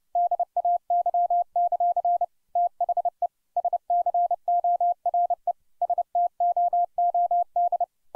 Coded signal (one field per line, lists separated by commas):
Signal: Morse code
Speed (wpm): 31 wpm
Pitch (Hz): 700 Hz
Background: none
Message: DAY; THE SCORE STOOD